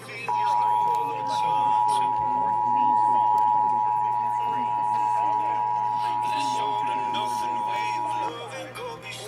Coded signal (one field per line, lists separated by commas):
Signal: Emergency Alert System (SAME) tones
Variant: 853 and 960 Hz attention tone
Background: speech, music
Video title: Los Angeles Required Monthly Test (EAS #71-97) 5 25 21